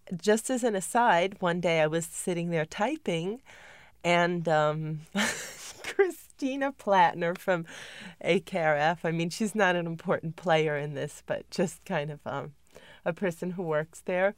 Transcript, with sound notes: just as an aside, one day I was sitting there typing and, um... ( she laughs ) Christina Plattner from AKRF, I mean, she's not an important player in this but just kind of, um, a person who worked there.